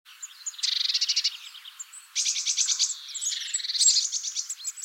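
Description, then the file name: Eurasian blue tit calls: a short rapid buzzy trill, then a longer churring rattle with thin high notes woven through, ending in more scolding chatter. "Cyanistes caeruleus"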